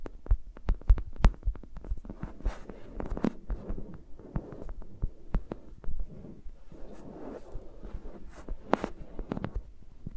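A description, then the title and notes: Fingers rubbing and tapping right on the microphones, making dense crackly clicks and sharp taps over a muffled, throbbing low rustle throughout. ASMR with Mics Around My Fingers (No Talking).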